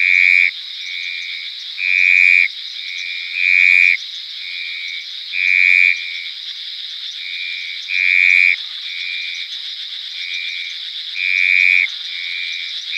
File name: Ceratophrys cornuta